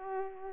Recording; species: mosquito wingbeat signal from an infrared sensor; Culex pipiens